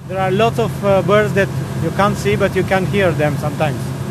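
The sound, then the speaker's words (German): A steady low motorboat engine drone hums throughout as a WWF staff member travels through the Danube Delta in Romania, with a voice talking over it the whole time. “Auch der WWF-Mitarbeiter ist auf sein Motorboot angewiesen, um sich im Donaudelta zu bewegen.”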